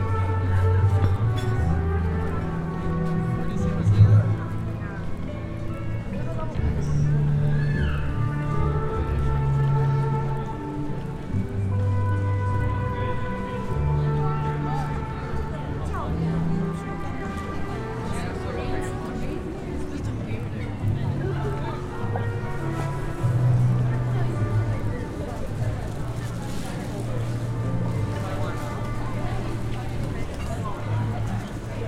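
Bustling crowd chatter fills a city walk, steady and dense throughout, with low voices murmuring and occasional scattered clicks overhead.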